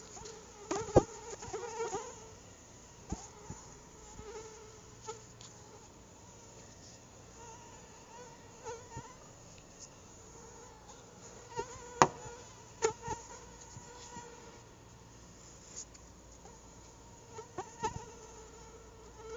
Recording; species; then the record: mosquito flight sound by mobile phone; Anopheles atroparvus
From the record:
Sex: female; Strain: EBRO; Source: CDC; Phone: Google Nexus